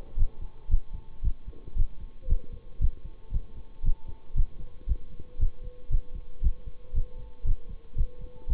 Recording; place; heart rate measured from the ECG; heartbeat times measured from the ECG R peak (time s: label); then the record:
heart sounds by stethoscope; between the tricuspid and mitral areas; 115 bpm
0.16 s: heartbeat
0.69 s: heartbeat
1.22 s: heartbeat
1.75 s: heartbeat
2.27 s: heartbeat
2.80 s: heartbeat
3.32 s: heartbeat
3.83 s: heartbeat
4.35 s: heartbeat
4.87 s: heartbeat
5.39 s: heartbeat
5.90 s: heartbeat
6.42 s: heartbeat
6.93 s: heartbeat
7.45 s: heartbeat
7.96 s: heartbeat
8.48 s: heartbeat
From the record:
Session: bicycle stress test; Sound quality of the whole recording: good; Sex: male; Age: 26 years